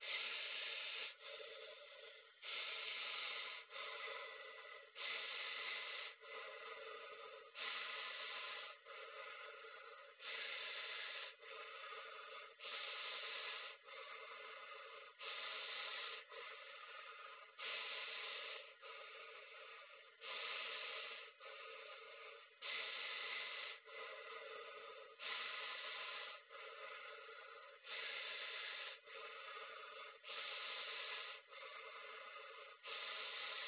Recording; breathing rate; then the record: paced breathing near a phone; 24 breaths a minute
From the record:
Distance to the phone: 20 cm